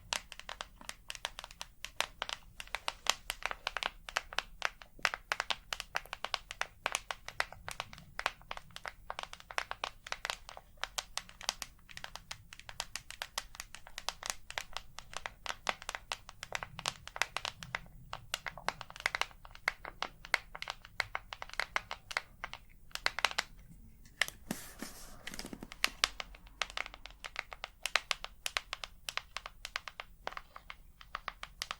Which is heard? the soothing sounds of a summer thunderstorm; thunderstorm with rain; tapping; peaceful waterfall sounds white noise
tapping